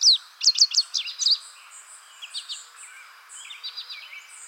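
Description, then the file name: Indigo bunting song, a quick burst of bright high notes, then softer twittering. "suara kicauan burung indigo bunting. omkicau"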